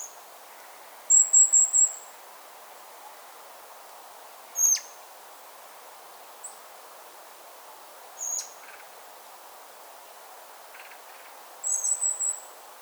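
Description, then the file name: Common blackbird giving thin, very high notes, some broken into short pulses, spaced irregularly over steady background hiss. "Turdus merula"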